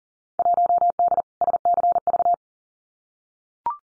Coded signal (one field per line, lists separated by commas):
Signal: Morse code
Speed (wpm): 39 wpm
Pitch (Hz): 700 Hz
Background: none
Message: 1D SCV